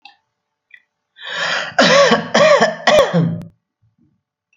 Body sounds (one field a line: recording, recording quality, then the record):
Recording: heavy voluntary cough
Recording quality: excellent, no background noise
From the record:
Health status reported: recovered from COVID-19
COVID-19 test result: positive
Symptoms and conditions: cold, fever, fatigue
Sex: male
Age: 30 years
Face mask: not worn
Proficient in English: no